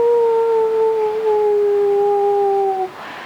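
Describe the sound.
A human voice imitates a dog's howl: one long, loud, sustained tone lasting nearly three seconds, its pitch sliding gently downward before cutting off abruptly.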